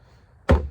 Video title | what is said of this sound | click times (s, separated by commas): Chevy Avalanche Overland Accessory 12v Harness install | You'll hear them physically snap into place. | 0.5 s